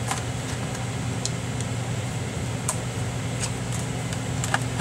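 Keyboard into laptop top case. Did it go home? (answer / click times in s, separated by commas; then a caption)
yes / 1.2 s, 2.7 s, 4.5 s. An HP 2000 laptop keyboard is pressed back into its recess in the plastic top case after cleaning, over a steady low hum. Its clips give sharp clicks at about 1.3, 2.7 and 4.5 seconds, with a few softer ticks between. The keyboard snaps into place and is seated.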